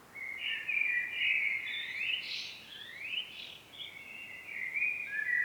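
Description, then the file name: Common blackbird singing a run of warbled phrases, sliding notes rising and falling. "Turdus merula"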